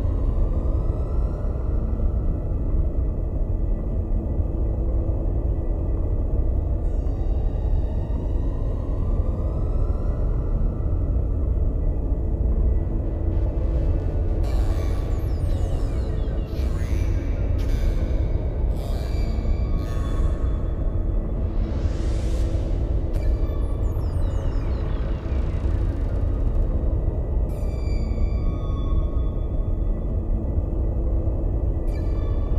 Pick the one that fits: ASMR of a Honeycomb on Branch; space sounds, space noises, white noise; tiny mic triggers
space sounds, space noises, white noise